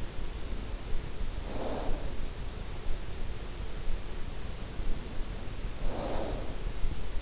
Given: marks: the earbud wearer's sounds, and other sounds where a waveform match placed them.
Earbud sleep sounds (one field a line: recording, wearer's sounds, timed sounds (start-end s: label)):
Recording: sounds in sleep by an in-ear microphone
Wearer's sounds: snoring breath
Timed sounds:
1.54-2.34 s: snoring breath
5.68-6.62 s: snoring breath